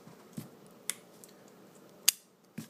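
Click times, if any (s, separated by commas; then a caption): 0.9 s, 2.1 s. A battery is put back into a JVC Adixxion action camera, and the battery door is closed and pushed until it locks shut. Soft handling knocks are heard, with sharp bright clicks at 0.9 s and 2.1 s as the door locks. The camera is then ready to go.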